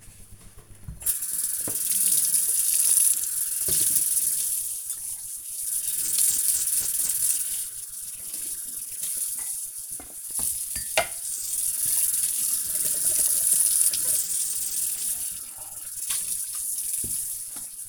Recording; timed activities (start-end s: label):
household activities, microphone on the right wrist
0.00-17.89 s: washing dishes